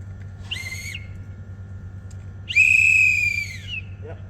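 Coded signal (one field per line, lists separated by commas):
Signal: whistle signal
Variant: crane dogger whistle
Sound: a short shrill whistle blast, a pause, then a longer whistle blast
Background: low background hum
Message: 1 short, 1 long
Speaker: I'm just going to run through some scenarios and I'm going to get you to practice both hand and whistle signals.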